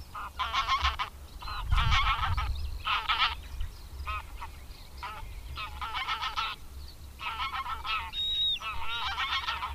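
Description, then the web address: Greylag goose giving nasal honks in short bursts with uneven gaps, some fainter, over low rumbling background noise. "Madardalok Cd 3. Nyári lúd"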